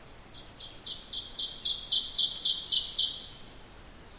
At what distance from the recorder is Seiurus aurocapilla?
about 10 m